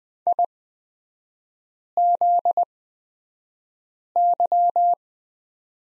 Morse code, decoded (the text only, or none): IZY